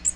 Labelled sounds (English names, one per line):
Magnolia Warbler flight call